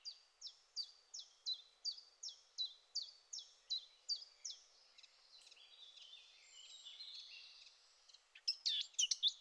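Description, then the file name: Eurasian blackcap: a steady series of short, high, down-slurred notes, about three per second, then a faint jumbled warbling passage and sharp chirps at the end. "Sylvia atricapilla"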